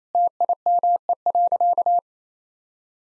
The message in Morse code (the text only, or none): TIME.